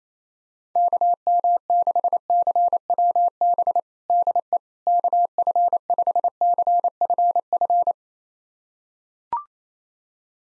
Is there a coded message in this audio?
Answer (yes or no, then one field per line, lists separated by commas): yes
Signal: Morse code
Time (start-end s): 0.8-7.9 s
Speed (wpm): 27 wpm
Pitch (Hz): 700 Hz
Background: none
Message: KM6CWB DE KF5CFF